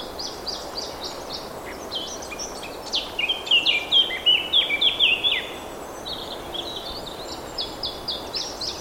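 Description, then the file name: Eurasian blackcap singing a bright warbled burst of quick whistled notes midway, with fainter high notes before and after over a constant noisy hiss. "Sylvia atricapilla"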